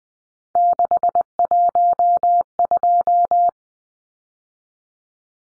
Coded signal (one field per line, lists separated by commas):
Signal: Morse code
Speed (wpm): 20 wpm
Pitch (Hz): 700 Hz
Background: none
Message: 612